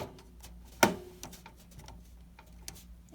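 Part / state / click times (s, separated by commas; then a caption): memory module into motherboard slot / seated / 0.8 s. After an earlier failed try, a memory module is pressed again into a motherboard slot, and several hits sound, with the sharpest latch click at 0.8 s and a fainter tick near 2.7 s over a low steady hum. The module seats, and the first one is installed.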